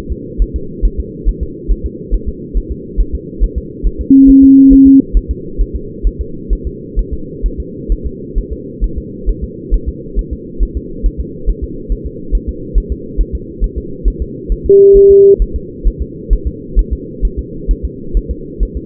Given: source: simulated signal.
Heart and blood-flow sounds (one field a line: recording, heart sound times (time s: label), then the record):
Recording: fetal heart sounds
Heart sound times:
0.12 s: S2
0.42 s: S1
0.56 s: S2
0.85 s: S1
1.00 s: S2
1.29 s: S1
1.43 s: S2
1.71 s: S1
1.86 s: S2
2.14 s: S1
2.29 s: S2
2.57 s: S1
2.72 s: S2
3.00 s: S1
3.15 s: S2
3.44 s: S1
3.58 s: S2
3.87 s: S1
4.01 s: S2
4.30 s: S1
4.44 s: S2
4.73 s: S1
4.87 s: S2
5.17 s: S1
5.31 s: S2
5.61 s: S1
5.76 s: S2
6.07 s: S1
6.21 s: S2
6.53 s: S1
6.67 s: S2
6.99 s: S1
7.13 s: S2
7.46 s: S1
7.60 s: S2
7.92 s: S1
8.06 s: S2
8.38 s: S1
8.53 s: S2
8.84 s: S1
8.98 s: S2
9.29 s: S1
9.44 s: S2
9.74 s: S1
9.89 s: S2
10.19 s: S1
10.33 s: S2
10.63 s: S1
10.77 s: S2
11.06 s: S1
11.21 s: S2
11.49 s: S1
11.64 s: S2
11.92 s: S1
12.07 s: S2
12.35 s: S1
12.49 s: S2
12.78 s: S1
12.92 s: S2
13.21 s: S1
13.35 s: S2
13.64 s: S1
13.78 s: S2
14.08 s: S1
14.22 s: S2
14.52 s: S1
14.66 s: S2
14.97 s: S1
15.11 s: S2
15.42 s: S1
15.56 s: S2
15.87 s: S1
16.02 s: S2
16.33 s: S1
16.47 s: S2
16.79 s: S1
16.93 s: S2
17.25 s: S1
17.39 s: S2
17.71 s: S1
17.85 s: S2
18.17 s: S1
18.31 s: S2
18.63 s: S1
18.77 s: S2
From the record:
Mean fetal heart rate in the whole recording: 135 bpm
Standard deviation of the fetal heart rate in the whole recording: 3 bpm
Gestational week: 36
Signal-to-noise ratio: -4.3 dB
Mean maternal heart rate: 72 bpm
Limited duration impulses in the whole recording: present